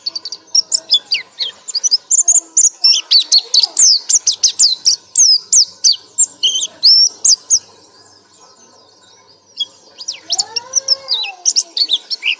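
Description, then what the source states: Nightingale song, a dense run of quick, high, sliding notes and clicks, falling silent for a moment before lively whistled phrases return. Masteran tutor recording, used to teach cage birds to sing.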